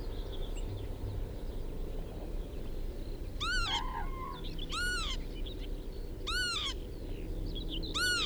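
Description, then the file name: Northern lapwing calling four times, each a wheezy slurred 'pee-wit' rising then falling, spaced about one and a half seconds apart over a low background rumble. "kiebitz karl-heinzfrommolt deutsches tierstimmenarchiv"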